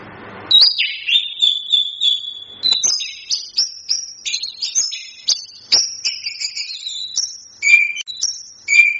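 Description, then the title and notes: Chestnut-capped thrush delivering a long, continuous run of high whistled notes, some held and some clipped, varied in pitch throughout. Masteran, a training song used to teach songbirds. "Masteran Anis Kembang"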